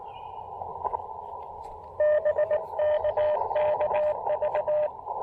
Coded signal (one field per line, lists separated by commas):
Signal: Morse code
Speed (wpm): 22 wpm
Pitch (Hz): 600 Hz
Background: radio noise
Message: BK KV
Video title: QRP POTA & SOTA at Monte Sano State Park in Huntsville, Alabama!